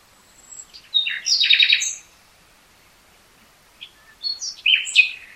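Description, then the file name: Common nightingale song: a phrase of chirps and a quick trill, then after a pause a phrase of varied sweeping whistled notes. "Luscinia megarhynchos"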